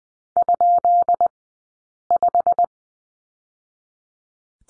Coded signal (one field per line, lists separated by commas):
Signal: Morse code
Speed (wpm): 20 wpm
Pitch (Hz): 700 Hz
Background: none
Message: ?5